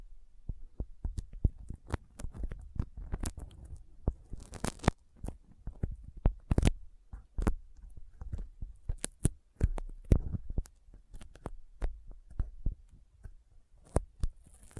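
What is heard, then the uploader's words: Sticky fingers make a rapid series of sharp clicks and tacky peeling snaps, irregular and dense throughout. A few louder, brighter pops stand out, around 5, 6.5 and 9–10 seconds, with short hissy smears near 4.5 seconds and at the very end, over a low steady hum. ASMR Intense Sticky Finger Sounds (No Talking).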